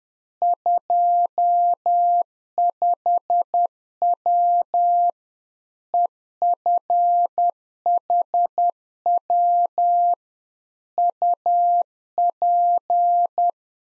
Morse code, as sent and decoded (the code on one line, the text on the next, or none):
..--- ..... .-- / . ..-. .... .-- / ..- .--.
25W EFHW UP